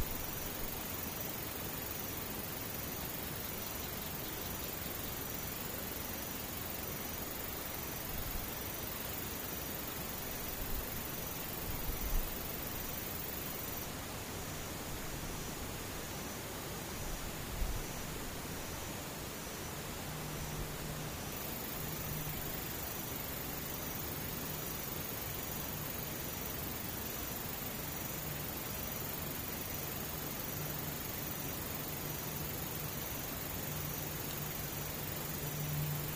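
Insects keep up a dense, unbroken hiss that fills the whole clip with steady loudness. A fine, regular ticking pulses high up through most of it, and a low hum settles in from about twenty seconds, with a few soft thumps near 11 and 17 seconds.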